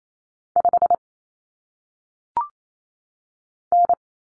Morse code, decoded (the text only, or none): 5 N